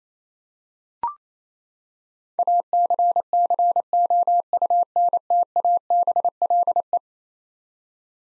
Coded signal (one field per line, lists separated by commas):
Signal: Morse code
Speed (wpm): 28 wpm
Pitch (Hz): 700 Hz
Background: none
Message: ACCOUNTABLE